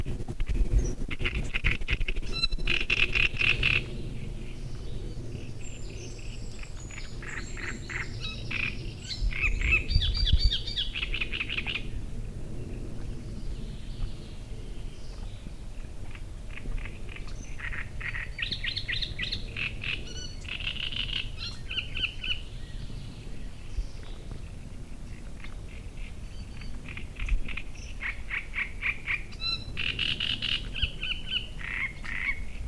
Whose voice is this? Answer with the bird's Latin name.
Acrocephalus arundinaceus